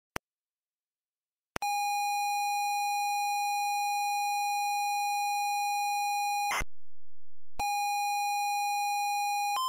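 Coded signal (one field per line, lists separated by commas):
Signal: ZX Spectrum tape loading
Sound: click, silence, long steady buzzy pilot tone, brief harsh data burst, pause, tone again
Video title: Rakitic ya es del Barcelona (ZX Spectrum) - Loading screen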